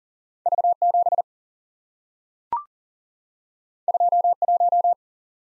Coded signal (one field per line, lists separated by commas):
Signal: Morse code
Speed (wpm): 42 wpm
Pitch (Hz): 700 Hz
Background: none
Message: V 7 2 1